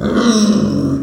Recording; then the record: squeal of a Yucatan mini pig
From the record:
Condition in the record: after surgery on the right vocal fold (resection and tissue-engineered implant); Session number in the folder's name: 7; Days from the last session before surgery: 47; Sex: female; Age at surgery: 19 weeks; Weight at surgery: 25 kg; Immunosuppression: prednisolone